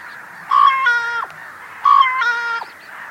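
Bird calls, each a short bright note running into a longer nasal, harmonic tone; two calls about 1.4 seconds apart over a steady background chorus of many birds.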